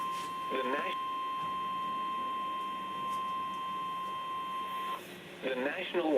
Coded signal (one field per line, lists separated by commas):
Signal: Emergency Alert System (SAME) tones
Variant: 1050 Hz attention tone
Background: speech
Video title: EAS Compilation + Siren Activation | 3/15/2026